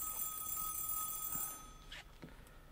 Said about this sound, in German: Kein Licht im Studio. Vielleicht wohnt er oben. Da brennt auch kein Licht. Da werden wir eben mal klingeln.